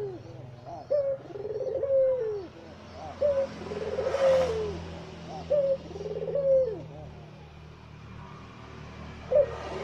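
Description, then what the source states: Barbary dove coos with a short note and a long rolling downslurred coo, repeated several times while a vehicle passes noisily in the background. Released as a masteran training recording for songbirds; white Barbary dove (puter putih).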